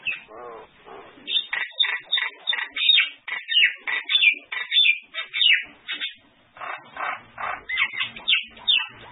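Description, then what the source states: Bird delivering quick chattering song, a few lower notes at the start, then bright repeated chirps and trills. Recording made for masteran (song tutoring of cage birds).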